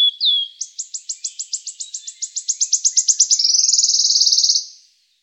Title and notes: Europäische Singvögel. Waldlaubsänger. Sounds of birds from Germany, Austria, Switzerland